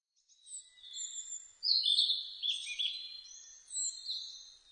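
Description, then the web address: Narcissus flycatcher singing high, varied whistles and trills, starting soft, then a louder burst of slurred notes followed by two more phrases. Recorded 2 May 2005. "2005 050502 kibitaki"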